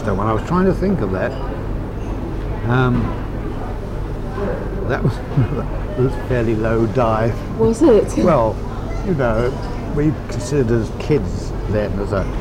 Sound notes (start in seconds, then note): 4.9 laughs; 8.2 laughs